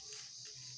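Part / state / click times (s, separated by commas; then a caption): tourniquet strap into its fastener / not seated / none. A tourniquet strap is handled and brought over toward its fastener while the tourniquet is rolled back up for reuse. Only a soft, steady rustling hiss is heard, with no sharp hits. Nothing has seated or clicked yet.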